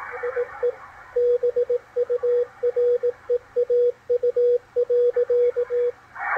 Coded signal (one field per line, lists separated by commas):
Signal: Morse code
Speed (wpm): 17 wpm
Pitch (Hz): 490 Hz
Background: radio noise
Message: IE BUREAU.